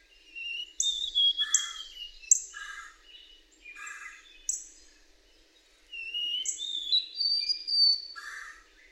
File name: White-throated Sparrow